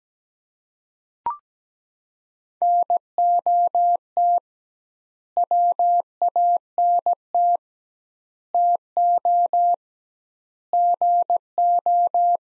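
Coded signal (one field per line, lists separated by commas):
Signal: Morse code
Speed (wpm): 17 wpm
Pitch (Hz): 700 Hz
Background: none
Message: NOT WANT TO GO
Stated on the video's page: Morse practice of sets of four words at 17 wpm with 2x word spacing, a Farnsworth-like method.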